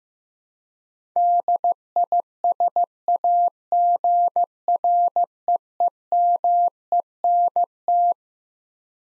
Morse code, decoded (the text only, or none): DISAGREEMENT